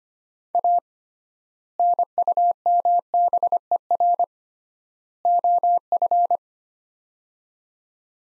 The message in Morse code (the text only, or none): A NUMBER OF